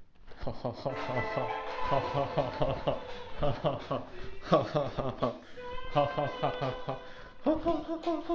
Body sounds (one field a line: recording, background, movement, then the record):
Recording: laughter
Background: music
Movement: walking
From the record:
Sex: male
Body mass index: 23.7 kg/m2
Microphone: on the chest, facing outward